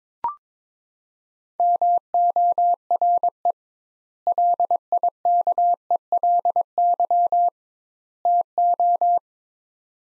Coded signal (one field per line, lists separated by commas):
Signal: Morse code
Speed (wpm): 23 wpm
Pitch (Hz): 700 Hz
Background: none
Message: MORE LIKELY TO